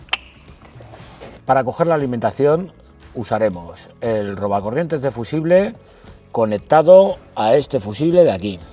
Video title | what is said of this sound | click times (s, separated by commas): Citroën C4 Space Tourer / Grand C4 Space Tourer 2018- Montaje de enganche y kit electrónico (278) | spostiamo il perno grigio di fissaggio della sicura fino a sentire un clic. | 0.1 s